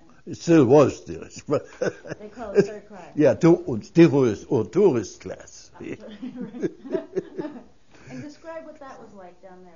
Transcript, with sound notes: It still was steerage, but-- (He laughs.)
They called it third class?
Yeah. Steerage or tourist class.
Right. And describe what that was like down there.